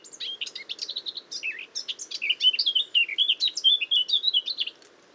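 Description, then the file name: Eurasian blackcap song: a continuous phrase of rapid twittering that turns into louder, clear whistled fluting, lasting nearly five seconds. "Sylvia atricapilla"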